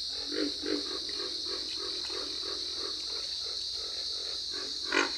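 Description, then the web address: Pig frog grunts, a brief series of low snorting pulses with one louder grunt near the end, against a continuous shrill background hum. "Dan Gibson's Solitudes Frog Song. Pig Frog"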